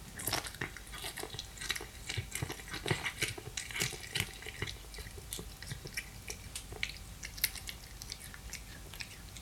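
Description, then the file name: Cat eating, with continuous wet chewing, smacking and soft squelching clicks that come in irregular, busy bursts throughout. Cat eating fish. "Digiffects Sound Effects Library - Cat Eating Fish"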